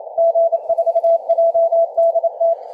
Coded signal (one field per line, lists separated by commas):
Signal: Morse code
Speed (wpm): 29 wpm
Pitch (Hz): 670 Hz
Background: radio noise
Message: G4JDT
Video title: 20 mtrs Da0WWA CW